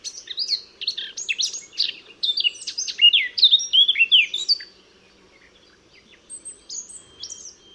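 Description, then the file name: Eurasian blackcap singing a rapid jumble of whistled and chattering notes for about four seconds, then a quieter gap and a few thin high notes. "Sylvia atricapilla"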